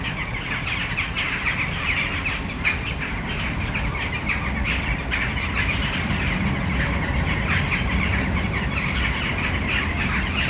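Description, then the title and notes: Western jackdaws squawking together in a loud crowd, harsh short calls repeated constantly over a low rumble. Flock in a tree at Malinovského square, Brno city centre, Czech Republic, at sunset. "Malinovského nám. 571/1, 602 00 Brno-střed-Brno-město, Česko - Western jackdaws at sunset. A tree full of jackdaws in the city center of Brno"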